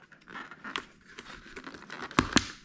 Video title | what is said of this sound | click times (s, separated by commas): TIME FOR A NEW HELMET? - SHARK EVO ONE 2 - INSTALLING A PINLOCK - CHIN MOUNT INSTALL - | and it clicks into place | 2.2 s, 2.4 s